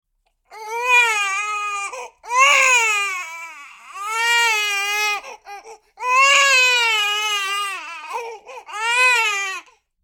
Baby crying.